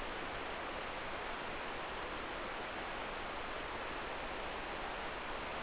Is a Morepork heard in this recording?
no